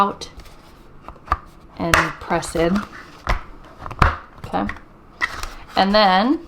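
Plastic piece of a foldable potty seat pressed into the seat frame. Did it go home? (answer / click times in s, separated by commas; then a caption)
yes / 4.0 s. A plastic piece of a foldable potty seat is pressed into the seat frame while someone talks, with scattered small knocks along the way. It seats with a short, sharp plastic click at 4.0 seconds, the loudest hit in the clip.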